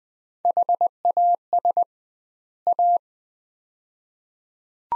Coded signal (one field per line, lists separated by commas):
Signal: Morse code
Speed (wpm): 20 wpm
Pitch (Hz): 700 Hz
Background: none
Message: HAS A